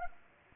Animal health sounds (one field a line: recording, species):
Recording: mosquito wingbeat signal from an infrared sensor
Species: Anopheles arabiensis